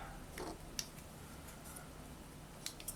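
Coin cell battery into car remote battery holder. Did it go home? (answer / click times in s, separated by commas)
no / none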